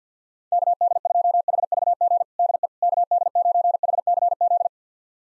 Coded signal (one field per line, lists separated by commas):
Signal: Morse code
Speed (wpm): 50 wpm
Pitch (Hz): 700 Hz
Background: none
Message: KD2HVG DE KD9HCZ